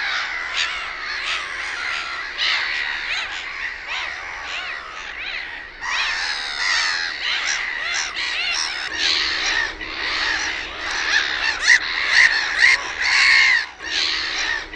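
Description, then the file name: Black-headed gull calls, many birds crying at once: a constant din of raucous, grating squawks with bursts of louder screeching and a few sharp, thin whistled notes near the end. "NAURULOKKI"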